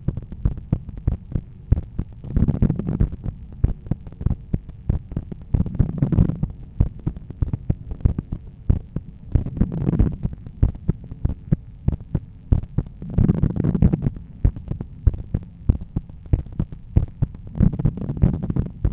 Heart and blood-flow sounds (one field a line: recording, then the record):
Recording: heart sounds by stethoscope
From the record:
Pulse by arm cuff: 94 bpm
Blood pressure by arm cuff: 122/78 mmHg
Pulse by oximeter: 96 bpm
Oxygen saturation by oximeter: 94%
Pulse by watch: 86 bpm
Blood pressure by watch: 126/80 mmHg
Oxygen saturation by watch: 97%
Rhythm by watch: sinus rhythm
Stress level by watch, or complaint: medium stress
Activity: after lunch and office activities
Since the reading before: plus 5000 steps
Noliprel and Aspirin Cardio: after pills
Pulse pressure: 44 mmHg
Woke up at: 7:30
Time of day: 17:22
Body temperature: 36 C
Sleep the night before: 8 h 32 min, score 78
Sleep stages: REM 32%, light 50%, deep 12%, awake 6%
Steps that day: 9500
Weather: sunny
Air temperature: 26.4 C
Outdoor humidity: 49%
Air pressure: 1014 hPa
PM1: 8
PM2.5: 12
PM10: 14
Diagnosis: hypertension, treated with Noliprel and Aspirin Cardio 100 mg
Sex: male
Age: 53 years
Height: 174 cm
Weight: 81 kg